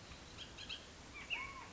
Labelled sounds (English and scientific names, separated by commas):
Bullock's Oriole (Icterus bullockii)